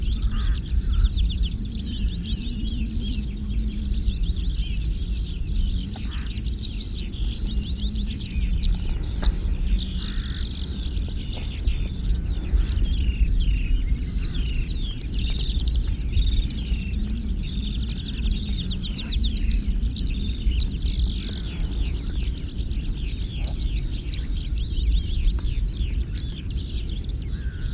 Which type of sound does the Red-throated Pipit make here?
song